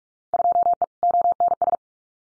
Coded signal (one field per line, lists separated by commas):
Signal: Morse code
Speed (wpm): 44 wpm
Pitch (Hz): 700 Hz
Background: none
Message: 2E ONS